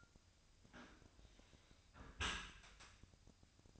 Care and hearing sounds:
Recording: daily activity, microphone in the room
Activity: close dishwasher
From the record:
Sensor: 2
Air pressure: 1003.0 hPa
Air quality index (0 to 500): 198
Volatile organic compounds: 6 ppm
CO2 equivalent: 1874 ppm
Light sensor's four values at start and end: 15/36/15/17 and 15/36/15/17

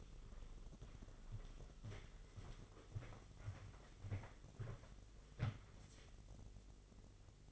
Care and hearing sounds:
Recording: daily activity, microphone in the room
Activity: walk to room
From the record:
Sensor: 4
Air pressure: 996.4 hPa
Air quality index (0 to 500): 69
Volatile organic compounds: 2 ppm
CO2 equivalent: 1259 ppm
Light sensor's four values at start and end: 19/51/20/21 and 18/50/19/21

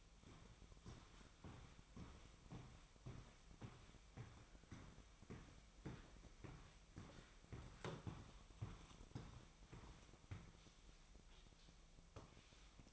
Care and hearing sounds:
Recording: daily activity, microphone in the room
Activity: walk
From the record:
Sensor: 1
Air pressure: 1001.6 hPa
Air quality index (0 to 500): 222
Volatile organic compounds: 30 ppm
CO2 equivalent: 2964 ppm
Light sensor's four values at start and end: 9/32/11/13 and 9/32/11/13

